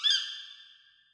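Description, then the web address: Tawny owl giving a single harsh, harmonic call that starts abruptly and fades away over about a second. Breeding bird. "broedvogels bosuil"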